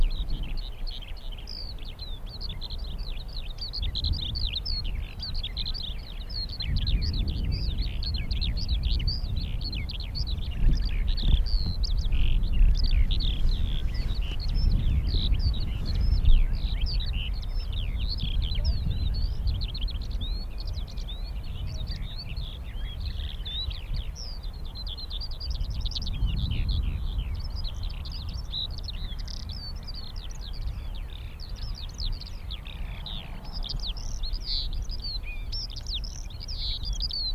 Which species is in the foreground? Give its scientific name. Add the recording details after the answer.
Alauda arvensis. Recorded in the wild. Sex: male. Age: adult. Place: Krakow am See, Mecklenburg-Vorpommern, DE. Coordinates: 53.6528, 12.3017. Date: 2004-05-15. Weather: overcast, 10°C, moderate to strong winds. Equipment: Tascam DA-P1, Sennheiser MKH 70, Windkorb. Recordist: Frommolt, Karl-Heinz. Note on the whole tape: Insel Großer Schwerin: Fluggesang. Entfernung ca. 50 m